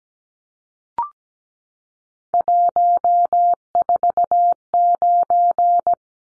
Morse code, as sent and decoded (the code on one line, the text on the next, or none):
.---- ....- ----.
149